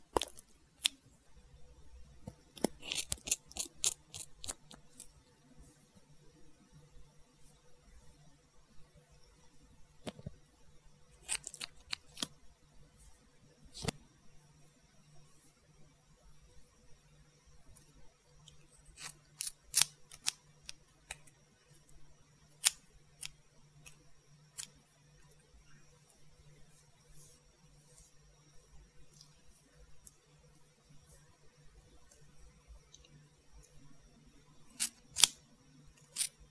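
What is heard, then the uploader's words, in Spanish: Scissors snip in quick bursts of sharp, bright clicks during a haircut, spaced irregularly over a steady low hum. Corte de cabello. Muchos sonido de tijeras.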